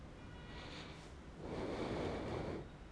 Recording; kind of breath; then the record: one breath in and out by a microphone near the nose and mouth; normal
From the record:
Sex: male